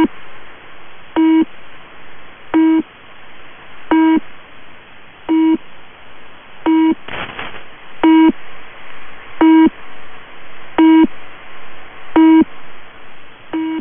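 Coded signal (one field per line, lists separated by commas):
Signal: channel marker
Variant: UVB-76 Low Pip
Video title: [UVB-76] The New "Low Pip" Channel Marker #uvb76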